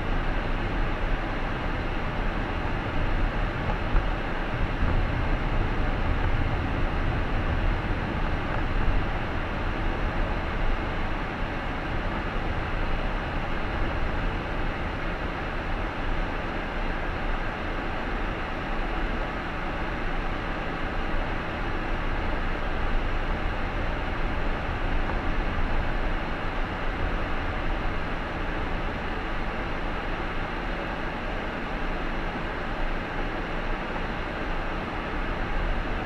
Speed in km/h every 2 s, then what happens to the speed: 39, 40, 39, 38, 34, 29, 25, 19, 15, 14, 16, 18, 21, 19, 14, 12, 10, 13.
0-7 steady at about 39. 7-17 slows to 14. 17-24 speeds up to 21. 24-31 slows to 10.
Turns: 16-24.